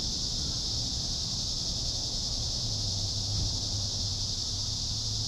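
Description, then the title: Cicadas droning in one continuous, even, high-pitched buzz that never pauses, with a low rumble underneath. "neoscenes: cicadas"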